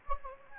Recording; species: mosquito wingbeat signal from an infrared sensor; Anopheles gambiae